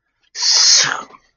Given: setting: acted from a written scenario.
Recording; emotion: vocal sound without words; disappointment